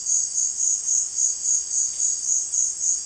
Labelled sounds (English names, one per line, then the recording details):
none
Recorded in secondary vegetation near Puerto Asís, Putumayo, Colombia, on 25 June 2025 at 16:00
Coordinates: 0.499, -76.323
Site G077